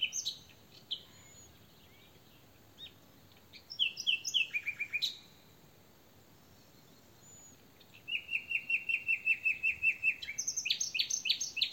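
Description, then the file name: Common nightingale song: varied phrases with a fast repeated trill, a clear whistled note, then a long rapid series of repeated notes and loud chattering bursts near the end. "Luscinia megarhynchos"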